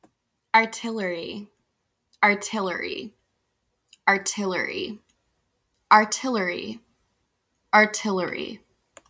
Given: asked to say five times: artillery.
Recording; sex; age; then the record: repeated word; female; 20 to 29 years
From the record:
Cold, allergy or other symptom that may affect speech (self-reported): no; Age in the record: 29 years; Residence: Virginia, United States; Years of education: 16